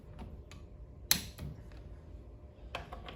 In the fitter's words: Hear the click.